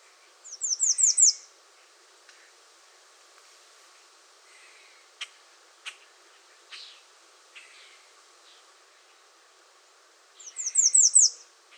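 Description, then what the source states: American redstart singing twice, about ten seconds apart, each a quick run of five high, slurred notes, with faint clicks and soft chips between. Recorded 21 June 2019.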